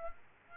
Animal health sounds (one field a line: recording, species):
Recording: mosquito wingbeat signal from an infrared sensor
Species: Aedes aegypti